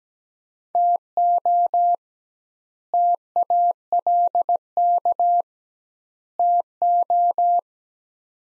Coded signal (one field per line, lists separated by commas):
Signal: Morse code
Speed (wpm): 17 wpm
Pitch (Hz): 700 Hz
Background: none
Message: TO TALK TO